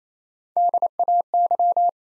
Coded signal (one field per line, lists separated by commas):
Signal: Morse code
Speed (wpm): 28 wpm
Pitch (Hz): 700 Hz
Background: none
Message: DAY